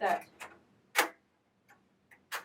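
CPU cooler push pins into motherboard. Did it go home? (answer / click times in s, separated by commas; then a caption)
yes / 0.4 s, 1.0 s. A stock CPU cooler is pressed down on all four corners so its plastic push pins click into the motherboard holes, with clicks at 0.4 s and 1.0 s while someone talks. The pins seat, and the click shows the cooler is secure and won't fall out.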